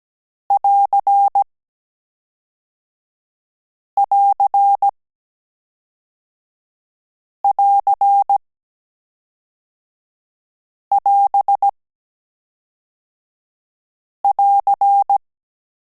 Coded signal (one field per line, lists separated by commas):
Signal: Morse code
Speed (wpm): 17 wpm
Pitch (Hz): 800 Hz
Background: none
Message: <AR><AR><AR><AS><AR>